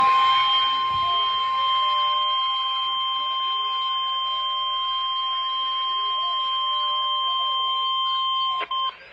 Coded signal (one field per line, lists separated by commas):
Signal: Emergency Alert System (SAME) tones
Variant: 1050 Hz attention tone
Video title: P O L K - TBW Severe Thunderstorm Warning on KIH63 (EAS #236)